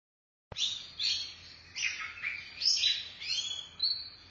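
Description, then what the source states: Oriental magpie-robin song starting after a half-second silence: scratchy twittering and sweet whistled phrases flowing continuously. Chirping song (kicauan) of the bird.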